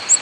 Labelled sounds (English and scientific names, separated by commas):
Ovenbird (Seiurus aurocapilla) flight call